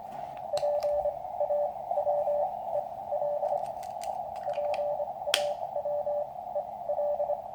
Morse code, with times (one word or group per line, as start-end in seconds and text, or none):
0.5-3.6 PAWEL
4.5-7.3 PAWEL